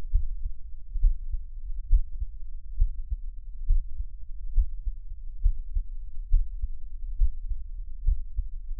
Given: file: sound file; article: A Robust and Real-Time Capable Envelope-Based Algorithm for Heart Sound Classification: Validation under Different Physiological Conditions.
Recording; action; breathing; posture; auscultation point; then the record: heart sounds by electronic stethoscope; rest; normal; sitting; Erb’s point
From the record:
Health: healthy, no known heart disease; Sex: male